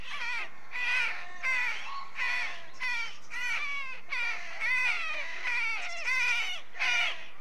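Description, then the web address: Rook calls, a series of loud raspy, slightly wavering caws repeated about every half second to second. Rookery with nests. "BBC Sound Effects Library. Rookery"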